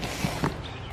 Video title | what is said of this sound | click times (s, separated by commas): Small Above Ground Pool - Inflatable Pool and Spa Easy Setup - Remodelaholic | There we go, now that's snapped in place. | 0.5 s